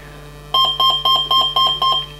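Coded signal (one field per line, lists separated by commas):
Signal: beep code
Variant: brushless ESC programming mode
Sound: six short, evenly spaced high electronic beeps in quick succession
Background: low hum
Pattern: 6 short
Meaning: Menu item 6: motor timing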